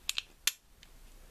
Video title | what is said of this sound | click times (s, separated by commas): HUGE VINTAGE KENNER JURASSIC PARK TOY COLLECTION REVIEW! | can open this up it's gonna click You're Gonna Hear It click | 0.5 s